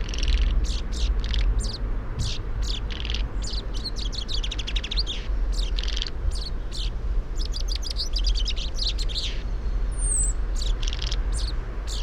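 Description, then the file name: Common chaffinch calls: a long run of rapid sharp chips, some quick rattling series, and a single thin falling whistle near the end, with low rumble behind. "Fringilla coelebs"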